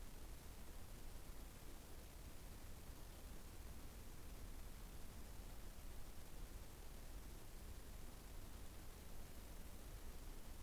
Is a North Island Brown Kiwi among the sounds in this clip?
no